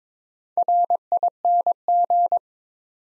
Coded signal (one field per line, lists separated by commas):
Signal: Morse code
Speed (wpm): 22 wpm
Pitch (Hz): 700 Hz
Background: none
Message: RING